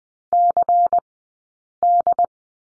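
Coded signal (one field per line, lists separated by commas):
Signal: Morse code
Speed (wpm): 20 wpm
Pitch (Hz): 700 Hz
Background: none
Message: CD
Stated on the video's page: Morse code course lesson on the number 3, two-character groups, Farnsworth speed 20/10 wpm.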